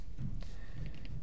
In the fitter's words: hear it click or you'll already notice that it's in the right spot so